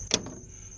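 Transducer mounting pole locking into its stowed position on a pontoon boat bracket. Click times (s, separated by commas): 0.1 s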